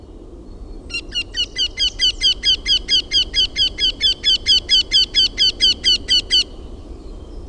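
Eurasian wryneck calling a long steady series of about two dozen nasal, slightly complaining notes, roughly four per second, starting after a brief pause and stopping abruptly.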